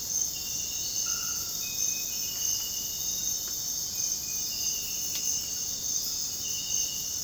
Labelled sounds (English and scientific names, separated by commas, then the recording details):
none
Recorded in dense forest near Puerto Asís, Putumayo, Colombia, on 9 March 2025 at 04:00
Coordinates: 0.486, -76.317
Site G053